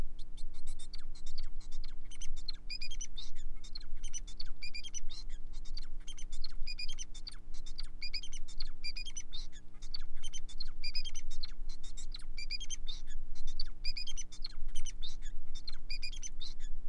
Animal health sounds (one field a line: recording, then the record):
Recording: song of a male Bengalese finch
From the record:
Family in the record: son of father 4